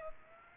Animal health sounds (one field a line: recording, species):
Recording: mosquito wingbeat signal from an infrared sensor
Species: Aedes aegypti